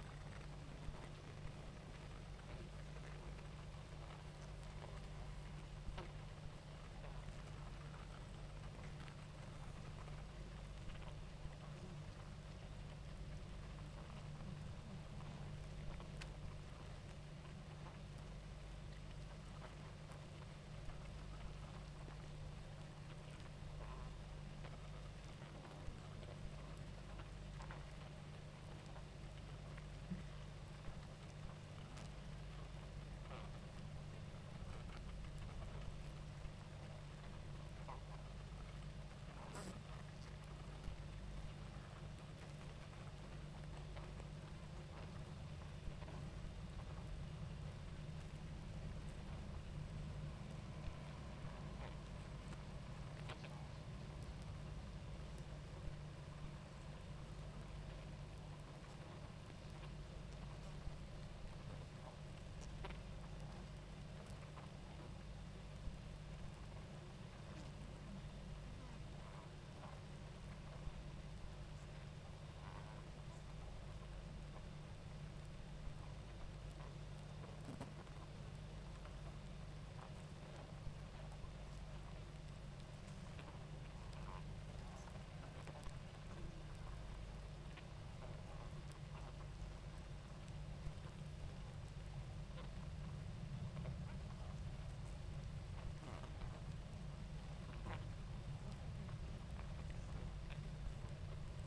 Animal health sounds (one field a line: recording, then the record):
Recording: honeybee colony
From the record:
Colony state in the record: active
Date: 28 July 2017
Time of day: 19:05